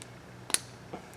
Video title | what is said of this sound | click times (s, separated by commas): Rekey a Deadbolt Lock in Minutes! - Step-by-Step DIY Guide | clicked into place so now this barrel is safely locked in here | 0.5 s